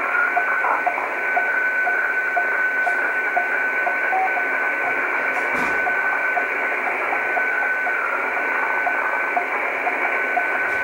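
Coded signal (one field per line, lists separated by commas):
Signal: weather fax (radiofax)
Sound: steady tone in hissing noise with a faint tick about twice a second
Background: radio static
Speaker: this is very weird because 20 M BAND is not a place for hfx transmissions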